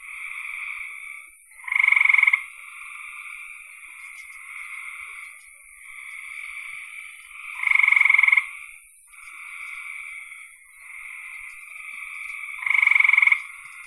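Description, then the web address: Frogs calling in chorus, a steady high trill overlaid every few seconds by a louder pulsed burst, heard three times. "cn frogs"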